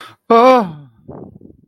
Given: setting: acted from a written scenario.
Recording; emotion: vocal sound without words; fear